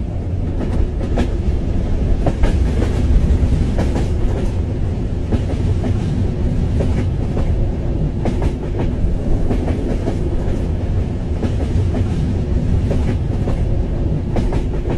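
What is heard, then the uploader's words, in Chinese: A train ride heard from inside, with a constant low rumble and scattered clacks and squeaks of the cars rattling along the track. 助眠火车之旅丨白噪音。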